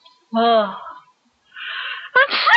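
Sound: sneeze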